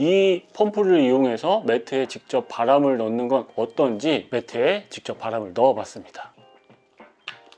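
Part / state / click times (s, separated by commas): mini air pump nozzle into sleeping mat valve / seated / 7.3 s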